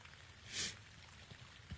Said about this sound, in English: And wash it all away like this rain. Wash it all away and start all over.